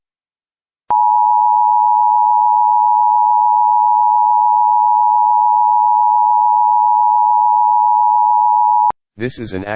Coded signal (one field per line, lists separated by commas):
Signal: Emergency Alert System (SAME) tones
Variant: 853 and 960 Hz attention tone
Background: speech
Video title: EAS 210 - LAE for a missing individual in Idaho